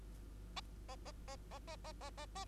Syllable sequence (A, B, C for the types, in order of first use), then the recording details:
A A A A A A A A A A. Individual Bird2